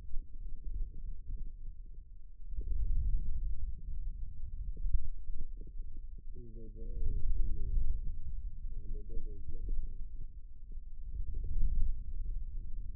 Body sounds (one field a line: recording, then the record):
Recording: forearm muscle sounds (acoustic myography)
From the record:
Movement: wrist flexion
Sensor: system 2, bracelet of six BSWA MPA416 microphones around the upper forearm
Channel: 4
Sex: male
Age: 22 years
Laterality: right